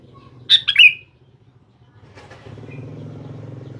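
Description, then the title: Sooty-headed bulbul singing a short, bubbly phrase, followed by a passing vehicle's rising engine rumble. "Kutilang"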